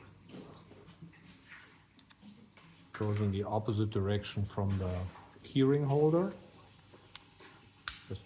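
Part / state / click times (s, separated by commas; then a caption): key fob cover piece onto key fob housing / seated / 7.2 s, 7.9 s. A plastic cover/hook piece of a Mazda car key fob is pressed back onto the fob body after its CR2032 battery is replaced. Someone talks, then two sharp snaps are heard at 7.2 s and 7.9 s as the cover seats back on the housing.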